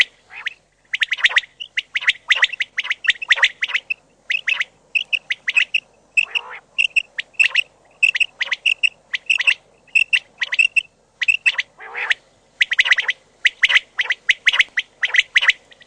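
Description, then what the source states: Common quail giving many quick, clipped phrases of sharp notes, with a couple of harsher, broader notes between them. Filtered audio.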